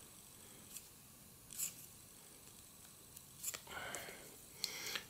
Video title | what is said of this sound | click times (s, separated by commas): Asus zenfone max попался бракованный телефон. | ногтями не смогу это сделать Ну вот вы слышите щёлк щёлк ЛК щёлк | 0.8 s, 1.5 s, 3.5 s, 3.9 s, 4.6 s, 4.9 s